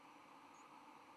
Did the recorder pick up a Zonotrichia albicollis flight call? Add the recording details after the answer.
no. Another species' flight call is heard. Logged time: 08:09 on 10 November 2014